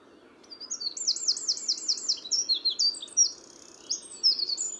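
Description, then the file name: Eurasian wren song, a fast run of sharp, high, slurred notes followed by shorter varied twitters and scattered high chips, energetic and piercing. "Troglodytes troglodytes"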